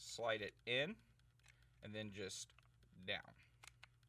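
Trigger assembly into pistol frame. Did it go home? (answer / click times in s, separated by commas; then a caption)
no / none. A CZ P-10 flat trigger assembly, with its reset spring sitting on top, is being slid into the polymer pistol frame and pressed down while someone talks. Only faint handling ticks come through near 3.7 and 3.8 seconds. Nothing has seated or clicked into place yet.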